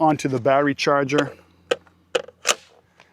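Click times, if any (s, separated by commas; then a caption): 1.7 s, 2.2 s. Someone talks, then a Ryobi 40V lithium-ion battery pack for the 40V HP MultiBlade AWD mower (RY40HPLM03K2) is slid by its slots onto its charger. Loud clicks at 1.7 s and 2.2 s show it latching in place, followed by a louder rattling impact around 2.5 s and a faint tick at 3.0 s. The battery is seated on the charger and ready to go.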